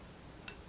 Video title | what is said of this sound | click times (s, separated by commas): Housework Waffle. Lockdown 14th January 2021. | and this fits more than my car, and it locks into place | 0.5 s